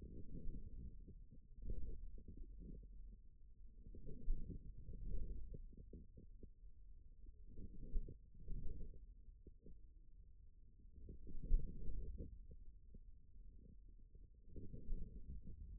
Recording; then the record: forearm muscle sounds (acoustic myography)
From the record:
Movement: forearm supination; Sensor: system 1, eight BSWA MPA416 microphones around the upper forearm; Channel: 6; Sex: male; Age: 41 years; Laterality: right